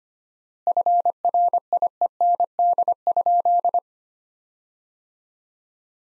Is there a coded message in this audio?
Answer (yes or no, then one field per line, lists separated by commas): yes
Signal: Morse code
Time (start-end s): 0.7-3.8 s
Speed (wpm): 25 wpm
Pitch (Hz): 700 Hz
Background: none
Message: FRIEND?